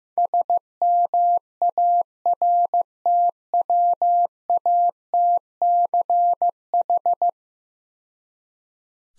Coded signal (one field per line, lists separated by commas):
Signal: Morse code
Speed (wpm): 15 wpm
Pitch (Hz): 700 Hz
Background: none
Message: SMARTWATCH